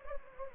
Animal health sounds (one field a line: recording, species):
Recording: mosquito wingbeat signal from an infrared sensor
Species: Anopheles gambiae